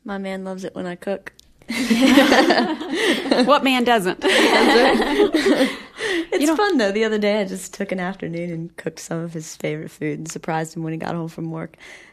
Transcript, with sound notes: My man loves it when I cook.
What man doesn’t? [Laughter]
It’s fun though. The other day I just took an afternoon and cooked some of his favorite food and surprised him when he got home from work.